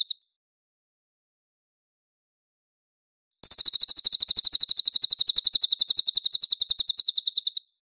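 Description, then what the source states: Mangrove whistler song: after a long silence, a dense high-pitched trill of quick, regular notes runs for about four seconds. Song described as clear.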